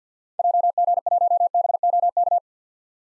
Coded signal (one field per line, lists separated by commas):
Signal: Morse code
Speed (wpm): 50 wpm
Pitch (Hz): 700 Hz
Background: none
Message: JG1BOK